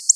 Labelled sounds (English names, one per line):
Black-throated Blue Warbler flight call